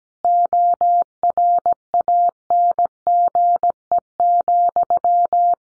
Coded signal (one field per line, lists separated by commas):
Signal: Morse code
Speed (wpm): 17 wpm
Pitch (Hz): 700 Hz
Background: none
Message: ORANGE,